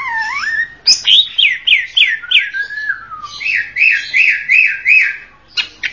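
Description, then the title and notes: Greater green leafbird song: a rising whistle, then a string of loud downward-slurred notes roughly three per second, followed by a run of bubbling repeated phrases. Champion songbird. "Kicau Burung Cucak Ijo Juara. Suara kicauan burung cucak ijo"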